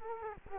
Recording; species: mosquito wingbeat signal from an infrared sensor; Culex quinquefasciatus